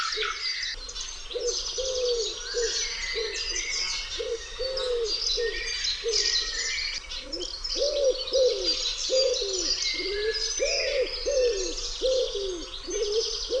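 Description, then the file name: Common wood pigeon cooing: a long run of soft, hollow low coos under a dense chorus of bright, busy songbird song. "grzywacz"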